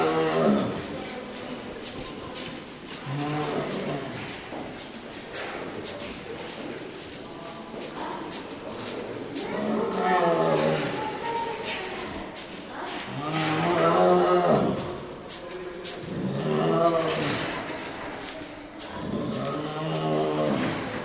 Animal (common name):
Tiger